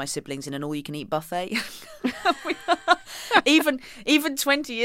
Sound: laughter

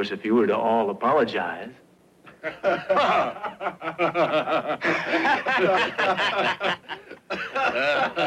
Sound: soundbite of laughter

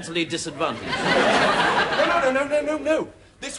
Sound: soundbite of laughter

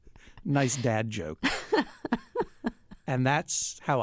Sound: laughter

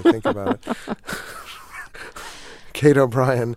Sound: soundbite of laughter

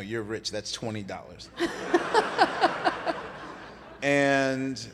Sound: laughter

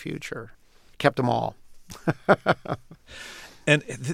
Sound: laughter

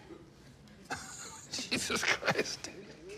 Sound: laughter

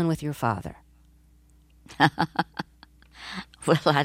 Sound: soundbite of laughter

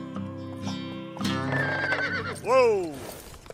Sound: soundbite of horse neighing

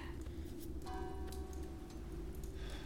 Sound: soundbite of clock chiming

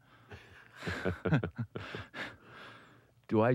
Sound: laughs

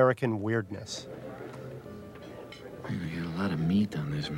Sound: Soundbite from American Splendor

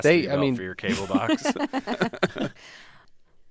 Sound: laughter

